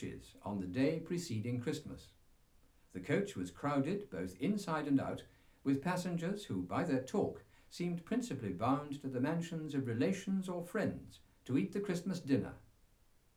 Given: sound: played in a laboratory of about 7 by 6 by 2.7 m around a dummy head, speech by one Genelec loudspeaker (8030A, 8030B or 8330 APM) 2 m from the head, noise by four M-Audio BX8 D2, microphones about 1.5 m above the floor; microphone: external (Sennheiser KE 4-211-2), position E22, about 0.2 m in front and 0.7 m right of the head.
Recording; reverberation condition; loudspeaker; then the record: male speech in English; low; behind (180 degrees)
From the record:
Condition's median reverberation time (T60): about 310 ms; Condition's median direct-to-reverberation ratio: about 3.5 dB